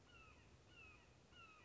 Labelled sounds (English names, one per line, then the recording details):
Red-shouldered Hawk
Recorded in Sonoma County, California